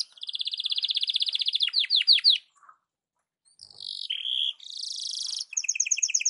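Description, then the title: Belgian canary song with a long rapid trill, a few sweeping downslurred notes, a pause, then fresh buzzy and paired trilled phrases. Domestic Belgian canary; morning song used to warm up the bird and as tutor song for training (masteran). "Canto Para Esquentar Canário Belga. SUARA BURUNG KENARI DI PAGI HARI COCOK BUAT MASTERAN"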